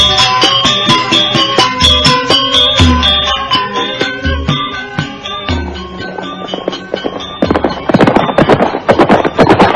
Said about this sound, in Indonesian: Binatang itu melompat ke dalam gelap. Mereka berkuda mengikuti rombongan orang-orang berkuda di depannya. Tapi mereka tidak berani mengikuti dari jarak dekat.